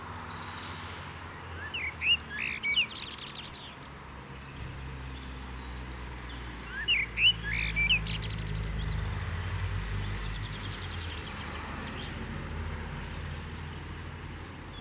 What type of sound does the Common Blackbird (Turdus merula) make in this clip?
song